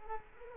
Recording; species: mosquito wingbeat signal from an infrared sensor; Culex quinquefasciatus